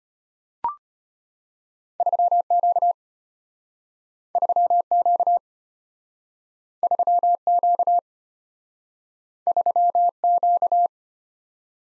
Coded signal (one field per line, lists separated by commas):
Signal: Morse code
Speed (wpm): 34 wpm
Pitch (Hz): 700 Hz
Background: none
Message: 3Q 3Q 3Q 3Q